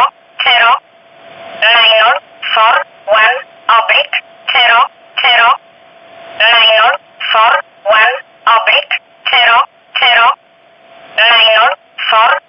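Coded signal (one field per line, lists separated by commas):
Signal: numbers station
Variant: E11, English voice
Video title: 19 06 2019 E11 Oblique Numbers station in English 0640 on 15800 unknown tx site in USB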